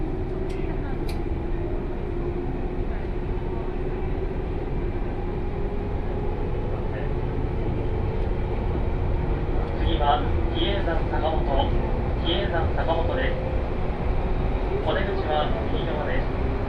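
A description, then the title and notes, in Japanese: A 117-series local train on the Kosei Line rumbles steadily from Kyoto toward Ono, with a constant low drone and brief voices chirping after ten seconds. 湖西線普通 京都→小野 117系。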